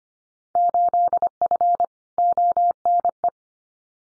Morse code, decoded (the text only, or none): 8F ONE